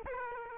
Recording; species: mosquito wingbeat signal from an infrared sensor; Aedes aegypti